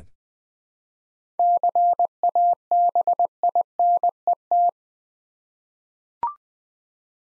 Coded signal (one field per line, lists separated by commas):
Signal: Morse code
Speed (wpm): 20 wpm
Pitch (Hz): 700 Hz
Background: none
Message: CABINET